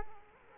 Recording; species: mosquito wingbeat signal from an infrared sensor; Culex quinquefasciatus